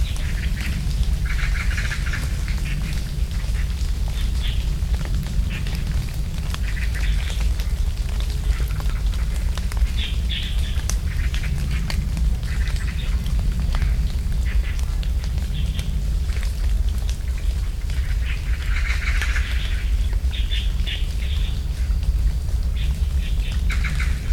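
Water drops tick and patter steadily at a tree farm, short sharp taps scattered densely across the whole clip. A constant low rumble of distant renovation work sits underneath, and bright chattering, bird-like calls come in bursts near the start, middle and around twenty seconds.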